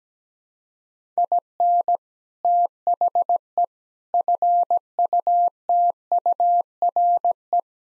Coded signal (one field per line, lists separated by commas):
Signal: Morse code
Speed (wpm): 17 wpm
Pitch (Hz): 700 Hz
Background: none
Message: IN THE FUTURE